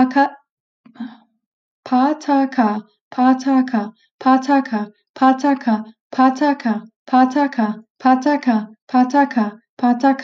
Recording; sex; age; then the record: repeated syllables /pa ta ka/; female; 20 to 29 years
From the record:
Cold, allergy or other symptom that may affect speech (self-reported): no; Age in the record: 29 years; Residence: New York, United States